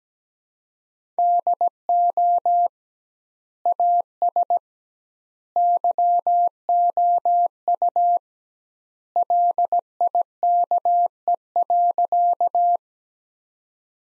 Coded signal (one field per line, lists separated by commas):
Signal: Morse code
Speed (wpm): 17 wpm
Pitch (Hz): 700 Hz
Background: none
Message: DO AS YOU LIKE.